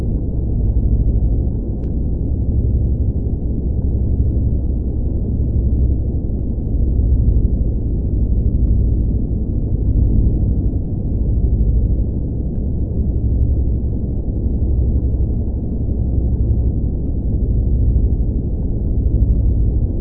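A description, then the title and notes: A spaceship engine drones steadily, a deep, muffled rumble with nothing bright above it and a low hum running underneath. The sound stays even from start to finish, broken only by a faint tick near the two-second mark. Space Engine Ambience. Hypnotic engine ambience from this deep space explorer.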